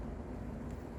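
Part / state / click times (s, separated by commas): barbed drip fitting into polyethylene drip tubing / not seated / none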